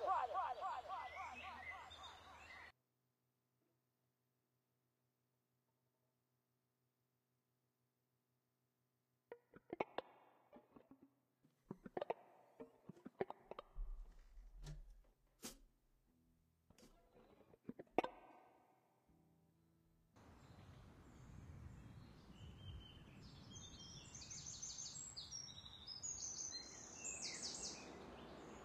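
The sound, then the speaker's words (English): Birds chirp and twitter in the woods over a dense, steady hiss of insects, preceded by a run of sharp, irregular clicks and knocks after a short silence. “These bird samples I recorded myself in the woods.”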